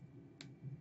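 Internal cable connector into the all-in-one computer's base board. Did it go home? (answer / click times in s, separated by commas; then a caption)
no / none. While the display head is reassembled onto the compute base of an HP EliteOne 1000 all-in-one computer, an internal cable connector is handled and pushed toward its socket on the base board. A low rumble runs under one brief sharp tick near 0.4 s, but nothing has seated or clicked yet.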